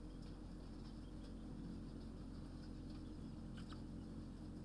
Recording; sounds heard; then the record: poultry house recording; healthy chickens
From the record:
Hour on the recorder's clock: 22